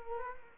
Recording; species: mosquito wingbeat signal from an infrared sensor; Culex quinquefasciatus